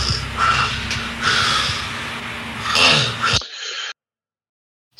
He actually stops breathing here for a minute or for a few seconds and then starts up again. This particular cycle of obstructive apneas, rescue breaths and snorts, and re-entering into another apnea is the hallmark of obstructive sleep apnea and sleep apnea syndrome.